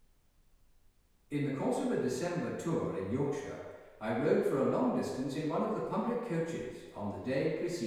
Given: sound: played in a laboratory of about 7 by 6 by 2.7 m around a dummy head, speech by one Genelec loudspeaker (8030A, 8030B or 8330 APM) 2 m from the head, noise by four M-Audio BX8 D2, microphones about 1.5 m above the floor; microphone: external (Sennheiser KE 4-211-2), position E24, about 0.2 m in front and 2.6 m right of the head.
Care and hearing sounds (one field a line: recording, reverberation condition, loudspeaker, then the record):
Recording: male speech in English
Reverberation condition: high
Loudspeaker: 30 degrees to the left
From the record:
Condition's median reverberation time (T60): about 1300 ms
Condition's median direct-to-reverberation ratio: about -4.0 dB